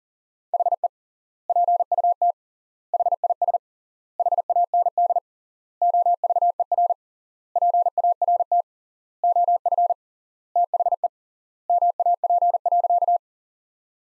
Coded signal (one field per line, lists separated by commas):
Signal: Morse code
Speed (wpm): 40 wpm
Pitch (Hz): 700 Hz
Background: none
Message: HE PUT HIS HAND OVER PART OF THE MAP.